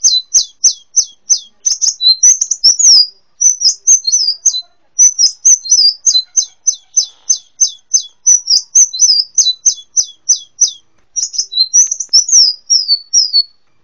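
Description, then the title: Sunbird chirping, long runs of sharp, high, down-slurred notes repeated several times a second, broken by short twittering phrases and pauses. "kicau kolibri"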